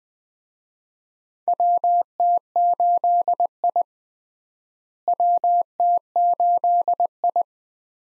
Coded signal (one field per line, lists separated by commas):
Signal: Morse code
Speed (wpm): 21 wpm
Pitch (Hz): 700 Hz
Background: none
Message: WT8I WT8I